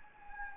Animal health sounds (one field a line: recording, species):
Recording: mosquito wingbeat signal from an infrared sensor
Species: Anopheles gambiae